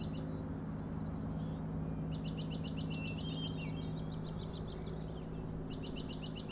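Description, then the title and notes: Common nighthawk rattles repeated in bursts of rapid buzzy pulses, nearly continuous from the second second onward, over a persistent low hum. Three birds flying in close formation, rattling noise, flying remarkably close to the recordist; Schoodic Head overlook, Acadia National Park, Winter Harbor, Maine; 16 June 2017, 4am. "Common Nighthawks, Schoodic Head 061617 4am. 3 common nighthawks making peenting calls and wings booms but also a rattling noise at the Overlook (410 ft) on Schoodic Head (435 feet) Schoodic division Acadia National Park Winter Harbor, ME"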